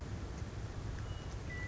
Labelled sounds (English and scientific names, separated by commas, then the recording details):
Western Meadowlark (Sturnella neglecta)
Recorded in Sonoma County, California